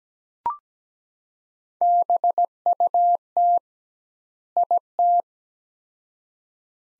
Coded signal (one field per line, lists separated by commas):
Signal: Morse code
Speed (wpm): 17 wpm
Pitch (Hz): 700 Hz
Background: none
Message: BUT IT